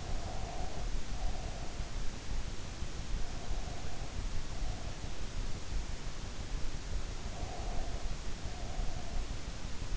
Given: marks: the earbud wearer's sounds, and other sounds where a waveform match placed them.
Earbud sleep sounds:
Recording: sounds in sleep by an in-ear microphone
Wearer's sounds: breath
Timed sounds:
0.00-1.72 s: breath
7.08-9.35 s: breath

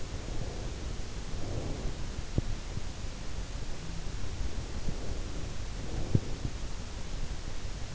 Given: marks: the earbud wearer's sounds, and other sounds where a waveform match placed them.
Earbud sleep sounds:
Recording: sounds in sleep by an in-ear microphone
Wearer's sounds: breath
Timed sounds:
0.00-1.95 s: breath
4.58-6.43 s: breath

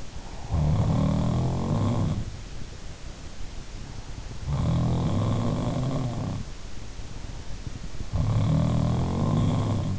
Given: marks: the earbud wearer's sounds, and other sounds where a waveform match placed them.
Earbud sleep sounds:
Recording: sounds in sleep by an in-ear microphone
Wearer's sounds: breath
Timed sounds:
0.00-0.93 s: breath
0.42-2.49 s: sound from someone else or the room
4.33-6.57 s: sound from someone else or the room
8.04-9.99 s: sound from someone else or the room

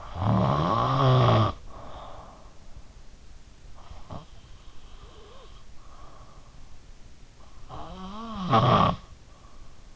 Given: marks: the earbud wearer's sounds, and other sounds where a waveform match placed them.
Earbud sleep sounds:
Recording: sounds in sleep by an in-ear microphone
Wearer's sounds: snoring breath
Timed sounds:
0.00-2.72 s: snoring breath
3.79-6.72 s: snoring breath
7.59-9.19 s: snoring breath

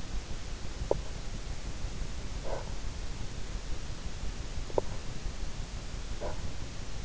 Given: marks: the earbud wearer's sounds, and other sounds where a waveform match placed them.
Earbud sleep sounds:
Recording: sounds in sleep by an in-ear microphone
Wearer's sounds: snoring breath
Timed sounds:
0.67-1.26 s: snoring breath
2.34-2.86 s: snoring breath
4.60-5.12 s: snoring breath
6.01-6.49 s: snoring breath

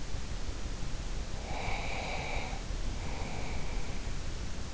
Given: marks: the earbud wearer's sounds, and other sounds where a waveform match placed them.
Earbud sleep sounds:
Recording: sounds in sleep by an in-ear microphone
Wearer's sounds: breath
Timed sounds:
1.26-4.09 s: breath

